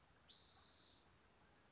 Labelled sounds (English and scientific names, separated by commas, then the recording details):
Spotted Towhee (Pipilo maculatus)
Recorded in Sonoma County, California